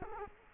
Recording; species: mosquito wingbeat signal from an infrared sensor; Culex quinquefasciatus